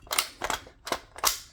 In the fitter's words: fits in no problem. You can hear the audible click.